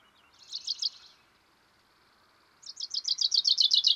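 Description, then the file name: Common chaffinch song, a short burst of trilled notes, a pause, then a fast bright trill of repeated notes running to the end. "Fringilla coelebs"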